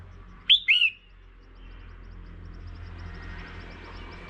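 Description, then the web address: Red-whiskered bulbul call, a single two-note whistled phrase near the start, followed by steady background hiss and rumble. Female bird. "tieng chao mao mai. tieng dong vat"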